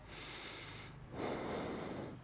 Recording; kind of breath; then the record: one breath in and out by a microphone near the nose and mouth; normal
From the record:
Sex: male